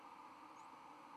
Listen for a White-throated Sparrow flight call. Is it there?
no